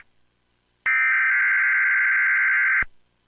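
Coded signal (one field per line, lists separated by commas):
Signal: Emergency Alert System (SAME) tones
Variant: header bursts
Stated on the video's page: Fictional EAS scenario with siren audio.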